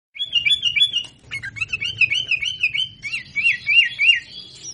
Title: Suara Burung Kutilang